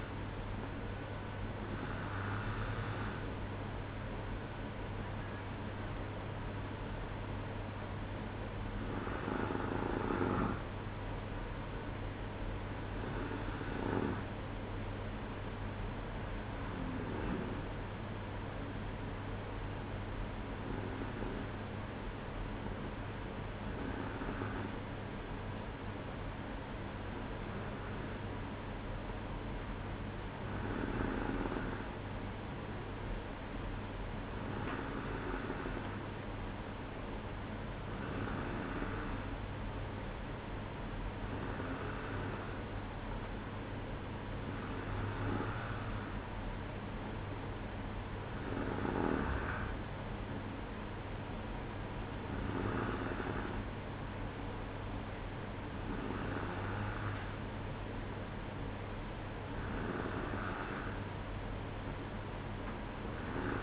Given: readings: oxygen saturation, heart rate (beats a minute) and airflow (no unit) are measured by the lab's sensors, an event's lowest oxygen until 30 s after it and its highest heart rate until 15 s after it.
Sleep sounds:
breathing in sleep by a voice recorder at the bedside; none
none scored
From the record:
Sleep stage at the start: N2 (light sleep); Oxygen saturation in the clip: 93 to 94%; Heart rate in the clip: 58 to 66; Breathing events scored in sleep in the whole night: 305 in 9.6 hours asleep

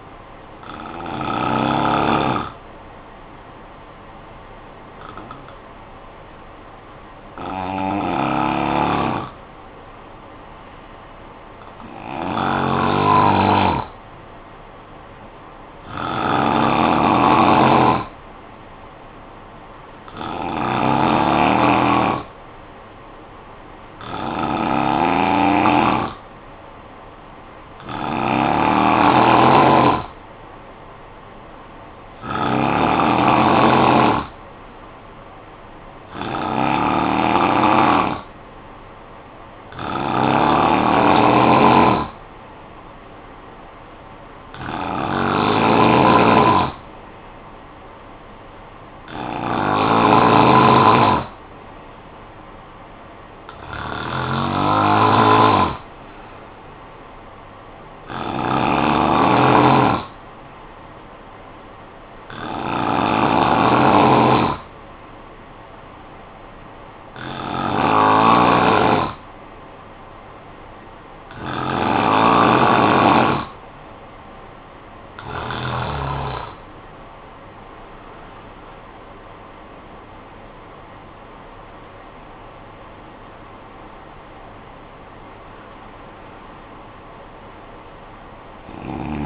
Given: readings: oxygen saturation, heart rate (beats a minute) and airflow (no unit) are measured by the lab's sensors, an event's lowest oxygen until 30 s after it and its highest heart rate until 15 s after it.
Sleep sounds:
breathing in sleep by a voice recorder at the bedside; 2
5.00-31.20 s: hypopnea (N2, oxygen 96% highest, then 90% lowest, heart rate 51 at the start, 58 highest)
64.00-77.50 s: hypopnea (N2, oxygen 94% highest, then 93% lowest, heart rate 52 at the start, 72 highest)
67.00-89.26 s: new sleep stage, N1 (lightest sleep)
From the record:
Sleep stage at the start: N2 (light sleep); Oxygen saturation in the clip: 90 to 96%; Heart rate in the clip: 51 to 72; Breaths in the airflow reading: 21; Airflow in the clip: -11.0 to 11.0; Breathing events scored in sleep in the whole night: 445 in 7.6 hours asleep

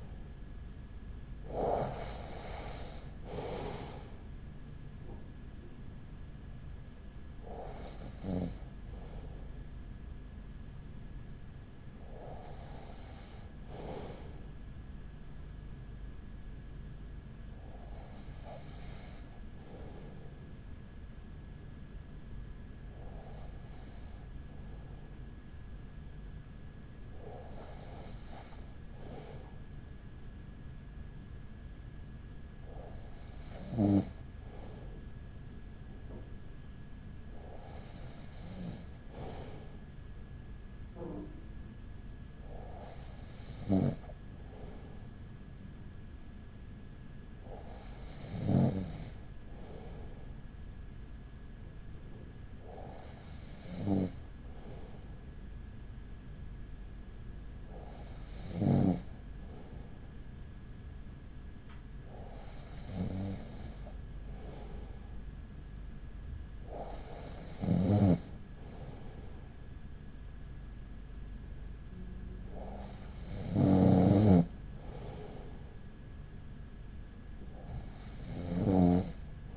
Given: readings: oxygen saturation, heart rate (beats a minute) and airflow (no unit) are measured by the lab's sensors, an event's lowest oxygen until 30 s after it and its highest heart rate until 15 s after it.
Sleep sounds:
breathing in sleep by a smartphone at the bedside; none
none scored
From the record:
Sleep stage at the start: N2 (light sleep); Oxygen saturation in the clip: 95 to 96%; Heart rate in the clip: 35 to 44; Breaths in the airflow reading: 15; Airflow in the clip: -7.3 to 6.6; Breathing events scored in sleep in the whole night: 207 in 7.6 hours asleep

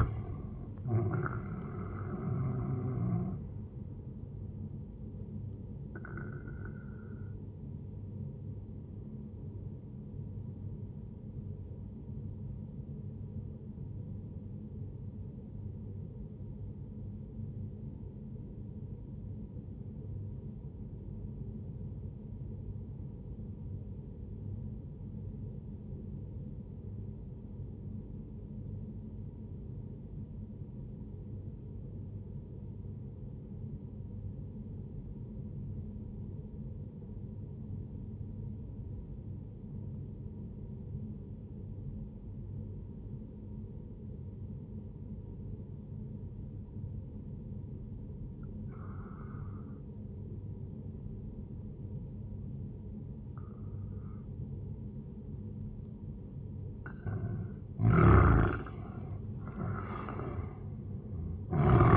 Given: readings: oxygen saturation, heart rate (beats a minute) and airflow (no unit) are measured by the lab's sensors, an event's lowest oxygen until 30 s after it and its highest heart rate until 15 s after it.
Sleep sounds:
breathing in sleep by a smartphone at the bedside; 1
11.00-55.90 s: obstructive apnea (N1, oxygen 97% highest, then 88% lowest, heart rate 64 at the start, 79 highest)
22.00-52.00 s: new sleep stage, N2 (light sleep)
52.00-61.97 s: new sleep stage, N1 (lightest sleep)
From the record:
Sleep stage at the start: N1 (lightest sleep); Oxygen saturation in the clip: 90 to 97%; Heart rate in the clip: 56 to 76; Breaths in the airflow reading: 4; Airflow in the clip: -11.6 to 13.3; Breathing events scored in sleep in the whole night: 131 in 7.2 hours asleep

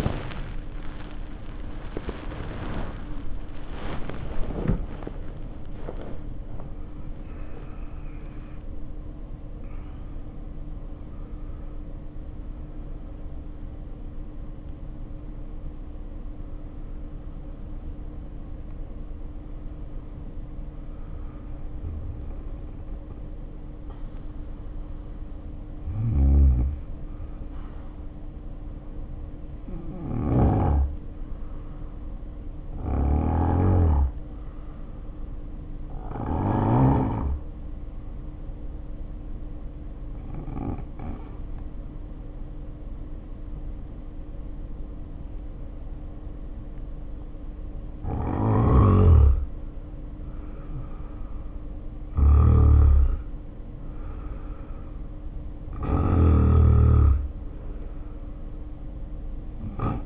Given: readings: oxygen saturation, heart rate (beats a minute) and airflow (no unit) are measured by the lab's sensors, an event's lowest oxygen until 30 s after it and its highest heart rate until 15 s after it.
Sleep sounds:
breathing in sleep by a smartphone at the bedside; 1
0.00-31.00 s: awake
28.00-60.06 s: new sleep stage, N1 (lightest sleep)
35.00-52.60 s: hypopnea (N1, oxygen 96% highest, then 83% lowest, heart rate 55 at the start, 64 highest)
From the record:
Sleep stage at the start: awake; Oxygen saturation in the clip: 66 to 96%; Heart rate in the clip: 51 to 89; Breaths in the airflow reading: 20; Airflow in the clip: -1.4 to 1.5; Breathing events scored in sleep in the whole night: 520 in 7.2 hours asleep

